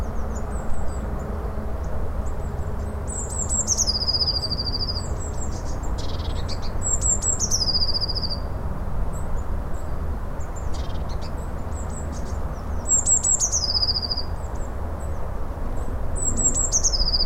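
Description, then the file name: Eurasian blue tit singing high, thin notes that drop into a short rapid trill, the phrase repeated several times at irregular intervals over low background rumble. "Cyanistes caeruleus"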